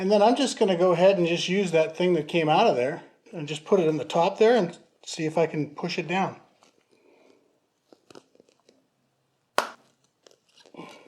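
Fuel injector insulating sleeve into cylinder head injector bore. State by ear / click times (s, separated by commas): seated / 9.6 s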